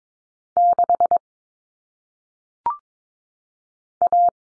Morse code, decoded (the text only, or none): 6 A